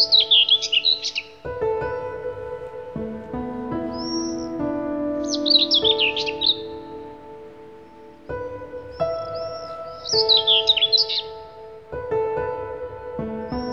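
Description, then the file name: Bird song: bursts of high, fast warbling chirps that return every few seconds, laid over sustained, humming synthesized music tones. "Bird Song Group - Chirping"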